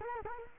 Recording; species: mosquito wingbeat signal from an infrared sensor; Culex quinquefasciatus